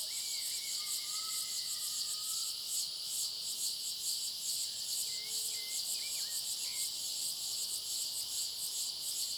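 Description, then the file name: Cicadas drone in a high, pulsing buzz throughout; a bird gives a long whistled note early and several short upslurred chirps later. Cicadas in a clearing with a high, thin sound; a bird is also present. "Cigarras na clareira som agudo fino passaro e cachorro longe"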